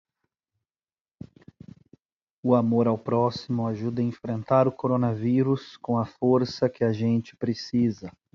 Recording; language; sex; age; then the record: spoken sentence; Brazilian Portuguese; male; 30 to 39 years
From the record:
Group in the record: control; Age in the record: 35 years